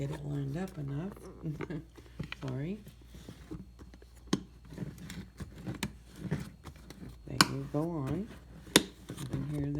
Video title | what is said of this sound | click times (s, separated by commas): Great for meal portion control | can hear them snapping. They snap open, snap shut. Very, very nice. | 8.8 s